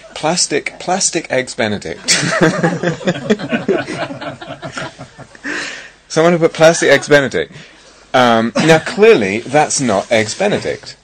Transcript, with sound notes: Plastic -- plastic Eggs Benedict. [laughter] Someone put plastic Eggs Benedict -- now, clearly, that's not Eggs Benedict.